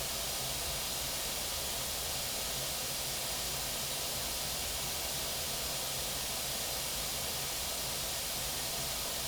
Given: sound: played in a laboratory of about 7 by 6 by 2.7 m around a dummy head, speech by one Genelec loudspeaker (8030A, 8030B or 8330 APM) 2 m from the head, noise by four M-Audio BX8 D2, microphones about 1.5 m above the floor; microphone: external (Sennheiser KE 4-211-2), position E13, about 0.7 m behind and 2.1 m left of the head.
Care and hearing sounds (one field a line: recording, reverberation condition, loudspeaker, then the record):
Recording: white noise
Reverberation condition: low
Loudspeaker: four, about 170 cm from the corners of the room and facing them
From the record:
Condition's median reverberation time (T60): about 310 ms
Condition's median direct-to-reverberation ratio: about 3.5 dB